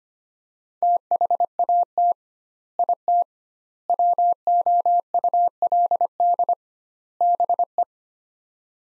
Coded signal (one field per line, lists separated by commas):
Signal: Morse code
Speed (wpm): 25 wpm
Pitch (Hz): 700 Hz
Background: none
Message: THAT IT WOULD BE